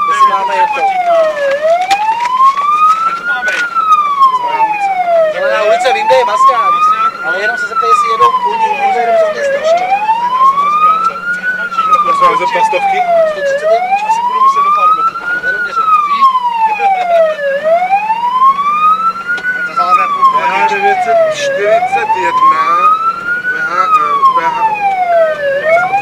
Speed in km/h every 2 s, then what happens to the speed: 33, 28, 21, 23, 28, 35, 38, 32, 21, 20, 24, 29, 31.
0-5 slows to 21. 7-12 speeds up to 38. 12-18 slows to 20. 18-26 speeds up to 31.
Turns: 0-8, 14-18.